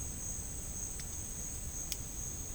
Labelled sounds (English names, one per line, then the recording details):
none
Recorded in dense forest near Puerto Asís, Putumayo, Colombia, on 22 June 2025 at 11:30
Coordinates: 0.481, -76.323
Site G072